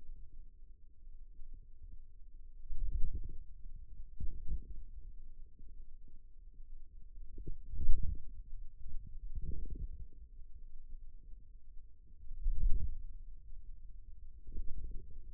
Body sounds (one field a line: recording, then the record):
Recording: forearm muscle sounds (acoustic myography)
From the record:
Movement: wrist flexion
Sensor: system 2, bracelet of six BSWA MPA416 microphones around the upper forearm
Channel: 2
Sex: male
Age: 22 years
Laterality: right